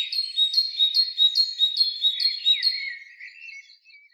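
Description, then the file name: Great tit song, a clear run of high two-note phrases repeated roughly every 0.4 seconds, then softer chirps. "Parus major"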